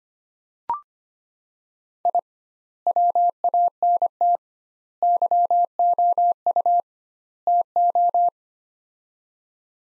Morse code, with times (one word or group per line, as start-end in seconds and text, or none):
2.1-2.2 I
2.9-4.4 WANT
5.0-6.8 YOU
7.5-8.3 TO